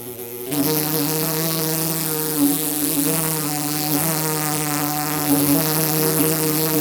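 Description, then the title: Bumblebee buzz starting suddenly after half a second, then holding as a strong, steady, harmonic drone with small pitch wobbles to the end. Bumblebee trapped inside a metal pole, struggling to get out; Blanca, Murcia, Spain; recorded with a Zoom H2. "Paraje Huerta de Arriba, 127, Blanca, Murcia, España - abejorro metálico"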